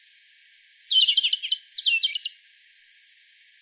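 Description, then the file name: European robin song phrase: a thin high whistle, then a rapid tumble of warbled and trilled notes ending in another sustained high whistle. "Erithacus rubecula"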